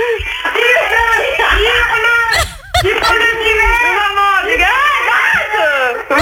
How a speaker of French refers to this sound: Bah passe là, attends, je l'entends hurler derrière et tu me dis qu'elle est pas là, t'es sérieuse?